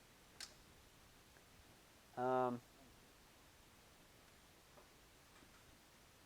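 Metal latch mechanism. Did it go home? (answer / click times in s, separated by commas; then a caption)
released / 0.4 s. A button press in a Tesla Plaid Model S releases the rear seatback latch, which clicks open with a short, sharp click at 0.4 s. Someone talks briefly around 2.2 s, and a few faint ticks follow. The seatback is disengaged but does not fold down by itself.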